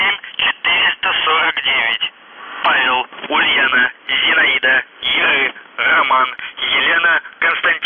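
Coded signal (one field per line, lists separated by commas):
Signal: numbers station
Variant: UVB-76 voice message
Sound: a male voice reading short words over a narrow, noisy radio channel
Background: radio static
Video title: The Buzzer/UVB-76(4625Khz) June 21, 2021 08:06UTC Voice message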